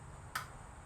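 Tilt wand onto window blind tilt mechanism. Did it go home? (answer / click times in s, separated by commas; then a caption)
yes / 0.4 s. A plastic tilt wand is pushed onto the hook of a Hampton Bay vinyl blind's tilt adjuster. It snaps into place with one short, bright click at 0.4 s over a low steady background hum. The wand is seated on the tilt mechanism.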